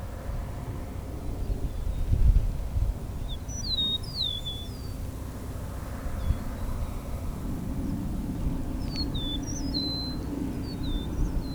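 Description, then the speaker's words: Eastern Meadowlark song, clear high slurred whistles falling in short phrases, heard twice, over a low rumble. One of the first of the season, singing a very melodic song in a meadow sanctuary in Ontario, Canada. "So I'm at Vine Mount Meadow Sanctuary. Some of the first eastern meadowlarks of the season singing. So this is an eastern meadowlark."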